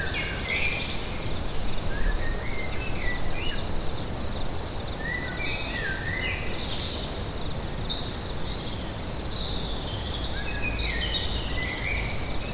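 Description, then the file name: Cricket: a steady high chorus of crickets continues without pause while a bird sings repeated short, sliding whistled phrases over low rumbling noise. Crickets recorded together with birds at Lacoux on 22 May 2016, recorded with an MZ-N710. "Grillons et oiseaux Lacoux 22 05 16"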